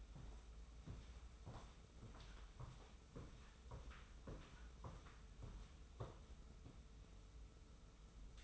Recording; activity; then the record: daily activity, microphone in the room; walk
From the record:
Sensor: 1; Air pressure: 994.4 hPa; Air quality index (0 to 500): 220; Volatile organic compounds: 1000 ppm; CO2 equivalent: 7859 ppm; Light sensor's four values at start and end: 83/183/81/84 and 80/174/78/80